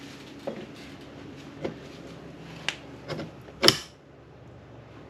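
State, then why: Seated. A Starlink satellite dish's mast is pushed down into its plastic base, with soft knocks and rubs near 0.5, 1.6 and 3.1 s. Sharp clicks at 2.7 s and 3.7 s, the second the loudest, show the mast seating in the base.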